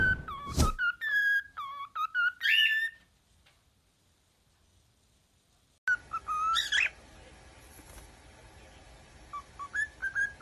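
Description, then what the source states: Cockatiel whistles, a run of clear notes with a loud click, a quiet gap, then further whistling over a hissing, noisy background. More than one cockatiel, whistling song.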